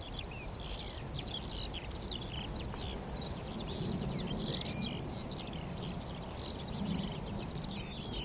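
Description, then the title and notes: Eurasian skylark song, an unbroken stream of high, chirruping trills and quick whistled notes from several birds, with a constant low background rumble. Wild chorus of skylarks rising from a vast open field of young barley and singing while ascending ever higher, northern edge of the Cotswolds, South Warwickshire, cloudy sky. "Sound Escape: Skylarks ascending over a field of barley. We're on the northern edge of the Cotswolds in South Warwickshire – a vast open field of young barley stretches to the horizon. Quietly at first, then all of a rush, a hidden chorus of skylarks rises from the vegetation, singing exultantly"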